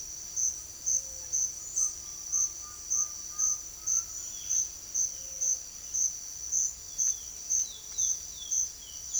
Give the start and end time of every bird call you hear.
[1.43, 4.15] bird call
[6.90, 9.20] bird call

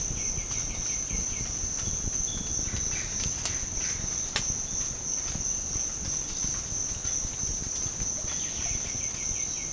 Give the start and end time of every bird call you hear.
[0.09, 1.52] bird call
[2.24, 3.98] bird call
[8.23, 9.72] bird call

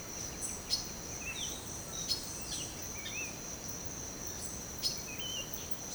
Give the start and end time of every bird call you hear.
[0.22, 3.54] bird call
[4.79, 5.45] bird call

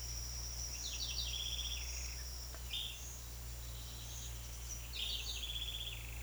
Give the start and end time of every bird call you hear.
[0.74, 1.99] bird call
[2.68, 3.12] bird call
[4.74, 6.23] bird call

